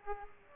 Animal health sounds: mosquito wingbeat signal from an infrared sensor; Aedes aegypti

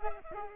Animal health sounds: mosquito wingbeat signal from an infrared sensor; Culex pipiens

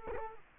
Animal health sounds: mosquito wingbeat signal from an infrared sensor; Culex quinquefasciatus

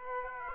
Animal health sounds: mosquito wingbeat signal from an infrared sensor; Aedes aegypti

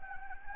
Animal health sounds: mosquito wingbeat signal from an infrared sensor; Anopheles gambiae

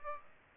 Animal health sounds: mosquito wingbeat signal from an infrared sensor; Aedes aegypti

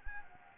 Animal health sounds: mosquito wingbeat signal from an infrared sensor; Anopheles gambiae

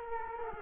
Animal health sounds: mosquito wingbeat signal from an infrared sensor; Culex quinquefasciatus

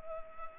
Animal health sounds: mosquito wingbeat signal from an infrared sensor; Culex pipiens

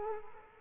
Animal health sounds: mosquito wingbeat signal from an infrared sensor; Culex quinquefasciatus

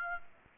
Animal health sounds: mosquito wingbeat signal from an infrared sensor; Aedes aegypti

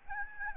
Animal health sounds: mosquito wingbeat signal from an infrared sensor; Aedes albopictus

